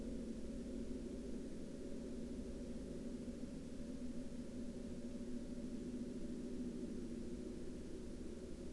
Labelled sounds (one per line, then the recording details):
man-made sound
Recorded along the Dalton Highway, Alaska, on 22 March 2019 at 08:11
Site 09